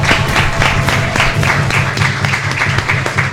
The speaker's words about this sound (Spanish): Así que otro merecido aplauso para vos